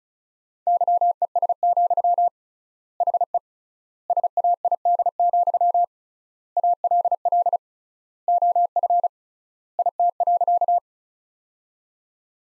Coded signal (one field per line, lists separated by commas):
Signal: Morse code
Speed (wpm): 36 wpm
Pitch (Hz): 700 Hz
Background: none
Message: YES, HE SAID, ALL OF IT.